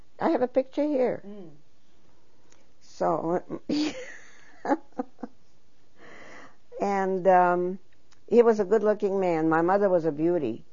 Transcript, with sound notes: I have a picture here. So... ( she laughs ) And he was a good-looking man. My mother was a beauty.